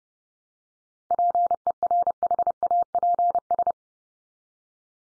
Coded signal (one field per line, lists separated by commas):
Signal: Morse code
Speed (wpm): 30 wpm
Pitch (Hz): 700 Hz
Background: none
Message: PERHAPS